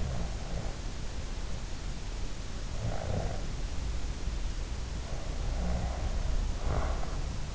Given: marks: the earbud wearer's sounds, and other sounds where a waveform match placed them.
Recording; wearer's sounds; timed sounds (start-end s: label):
sounds in sleep by an in-ear microphone; snoring breath
0.00-0.82 s: snoring breath
2.66-3.65 s: snoring breath
5.22-7.42 s: snoring breath